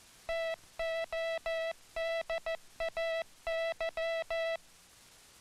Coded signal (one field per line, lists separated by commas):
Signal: Morse code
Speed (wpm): 14 wpm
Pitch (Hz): 660 Hz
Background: music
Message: TODAY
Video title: INTERNATIONAL MORSE CODE, HAND SENDING